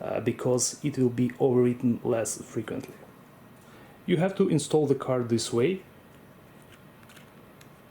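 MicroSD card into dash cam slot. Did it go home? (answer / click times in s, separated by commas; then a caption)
no / none. A microSD card is held at the card slot of a Garmin Dash Cam Mini and lined up in the right orientation before insertion. Someone talks, and near the end a few faint handling taps are heard at about 7.0, 7.6 and 7.9 seconds. The card has not been pushed in or clicked into place yet.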